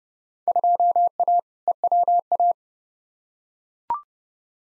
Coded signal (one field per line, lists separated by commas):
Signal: Morse code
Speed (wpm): 30 wpm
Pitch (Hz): 700 Hz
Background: none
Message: 2A EWA